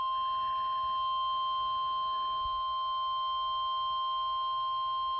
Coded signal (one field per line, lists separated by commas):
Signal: Emergency Alert System (SAME) tones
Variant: 1050 Hz attention tone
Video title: Severe Thunderstorm Warning #2 (EAS #425)